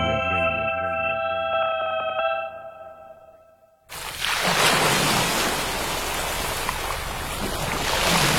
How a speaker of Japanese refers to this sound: ザバン、ザバン。海が光っている。どこか遠くの心の中の雫がぽたり集まって、ザバンザバン、海が揺れている。